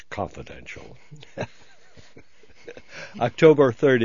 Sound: he laughs

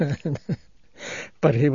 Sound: he laughs

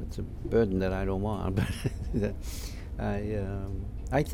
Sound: he laughs

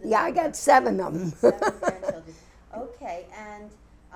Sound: she laughs

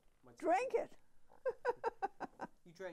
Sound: chuckles

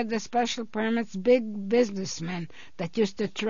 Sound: none

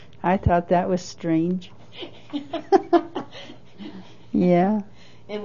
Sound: laughs

